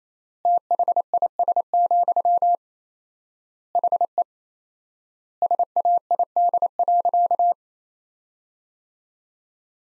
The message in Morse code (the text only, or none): THIS, HE SAID.